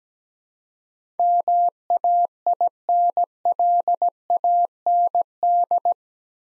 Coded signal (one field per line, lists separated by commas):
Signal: Morse code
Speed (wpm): 17 wpm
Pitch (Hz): 700 Hz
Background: none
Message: MAINLAND